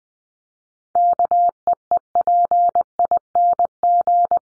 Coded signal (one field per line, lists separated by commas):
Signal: Morse code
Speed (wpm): 20 wpm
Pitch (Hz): 700 Hz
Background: none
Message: KEEPING